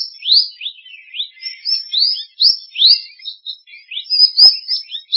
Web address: scarlet minivet call